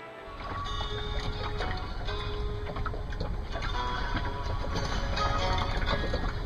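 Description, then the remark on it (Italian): A small boat rocks on a river with a steady low rumble, scattered creaks and knocks, and faint tonal squeaks over a continuous wash of cold northwest wind and water. “The boat is swinging and my shade is swinging from my part.”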